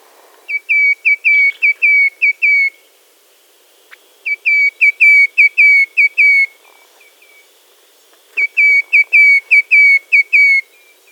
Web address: wroblowe ptaki baeolophus atricristatus